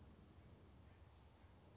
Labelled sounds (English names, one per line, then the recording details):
California Towhee
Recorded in Sonoma County, California